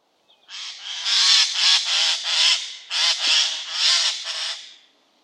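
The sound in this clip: Eurasian jay giving a harsh, rasping screech in a run of broad noisy bursts lasting about four seconds, with short dips between pulses.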